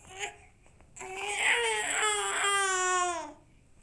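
A Fisher-Price toy's baby cry sound: a brief fussy vocal sound, then one sustained wailing cry of about two and a half seconds. It is steady and tonal, starting near 400 Hz pitch and slowly falling at the end. A typical infant cry.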